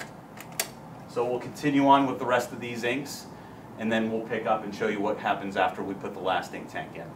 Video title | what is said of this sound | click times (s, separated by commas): Epson P800 Setup and Installation | push it in until it clicks. | 0.6 s